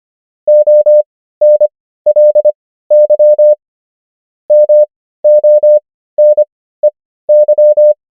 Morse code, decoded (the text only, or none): ONLY MONEY